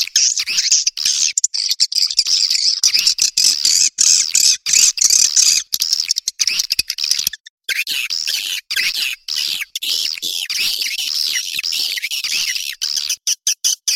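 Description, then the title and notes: Swiftlet calls: a long, high-pitched twittering chatter, repeatedly cut by sudden brief dropouts. Asia; sound used in swiftlet farming to attract birds. "Swiflet Bird Sound. Farming Swiflet Bird asia sound"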